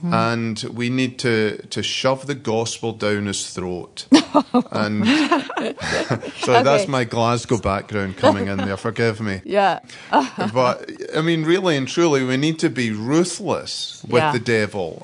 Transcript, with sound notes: and we need to shove the gospel down his throat! (laughter) That’s my Glasgow background coming in there; forgive me. But I mean, really and truly, we need to be ruthless with the devil.